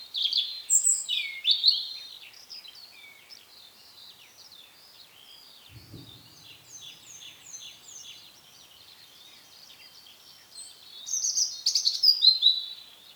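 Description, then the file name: European robin song: loud high warbled phrases opening and closing, with quieter, fast twittering notes between them. "Erithacus rubecula"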